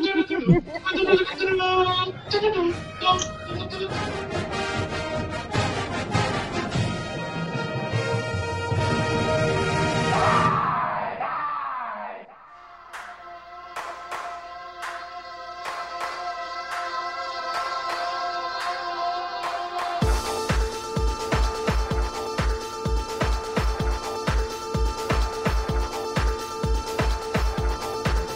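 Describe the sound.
Loud music plays throughout while a man's voice screams and shouts over it, then the track shifts into a steady, pounding beat with heavy low thumps.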